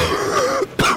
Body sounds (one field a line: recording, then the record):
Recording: coughing mixed with background sound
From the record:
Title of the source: Coughing 46